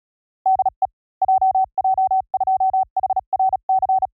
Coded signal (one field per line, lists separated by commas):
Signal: Morse code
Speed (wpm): 36 wpm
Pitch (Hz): 810 Hz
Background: none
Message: DE JJ2HRC